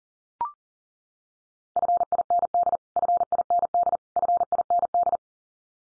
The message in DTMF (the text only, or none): none